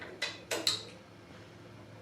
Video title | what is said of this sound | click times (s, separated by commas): 90's Craftsman 2 Mower Revival | click okay you hear my elbow popping don't you | 0.7 s